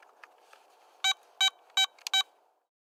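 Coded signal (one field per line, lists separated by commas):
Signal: none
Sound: metal detector beeps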